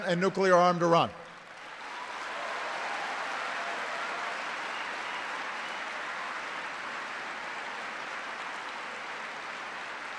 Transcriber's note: applause